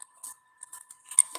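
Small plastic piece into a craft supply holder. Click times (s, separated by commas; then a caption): 1.2 s. A small plastic piece that fell out of a resin-crafting supply holder is pushed back in by hand. Light clicks and taps lead up to a sharp, loud snap at 1.2 s, and the piece is seated back in place.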